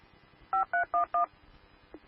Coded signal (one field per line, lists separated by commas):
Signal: DTMF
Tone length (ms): 120 ms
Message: 5311